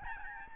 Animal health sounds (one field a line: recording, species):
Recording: mosquito wingbeat signal from an infrared sensor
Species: Aedes albopictus